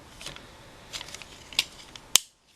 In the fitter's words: there we go snaps in place